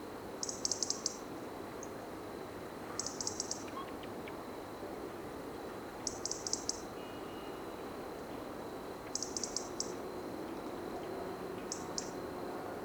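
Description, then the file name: European robin ticking, five clusters of rapid high clicks at roughly regular intervals, with a constant hiss behind. "Erithacus rubecula"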